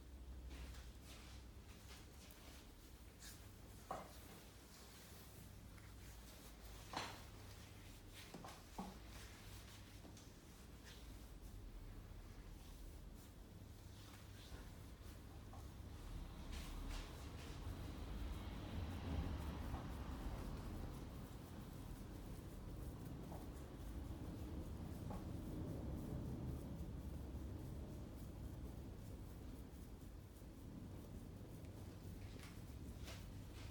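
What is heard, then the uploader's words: A barbershop scene of beard cutting and massage: a steady low rumble runs throughout, with sharp clicks near 4, 7 and 9 seconds. From about 15 seconds it grows fuller, with a soft rushing, rubbing sound swelling between roughly 17 and 27 seconds. Men's shave & Turkish massage.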